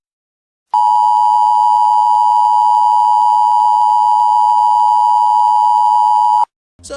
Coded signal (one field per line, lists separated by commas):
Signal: Emergency Alert System (SAME) tones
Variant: 853 and 960 Hz attention tone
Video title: Correcting EAS misinfo - The sound that threatens US national security